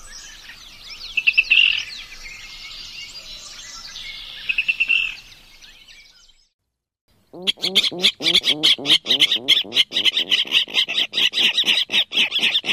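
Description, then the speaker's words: Virginia Rail calls: first a jumble of squeaky notes, then after a pause a fast series of sharp clicking notes. Compilation of a variety of sounds from the Virginia rail. "So one more time, a variety of sounds from the Virginia rail."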